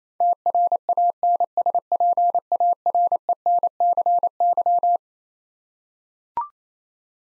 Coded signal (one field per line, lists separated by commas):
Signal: Morse code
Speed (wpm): 27 wpm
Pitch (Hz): 700 Hz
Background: none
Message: TRANSPARENCY